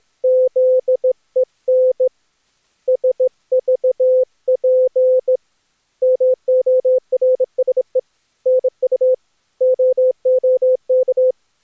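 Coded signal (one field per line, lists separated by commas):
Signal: multi-tone FSK (Olivia or MFSK type)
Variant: Contestia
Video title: Daily Minutes, January 26, 2016, with contestia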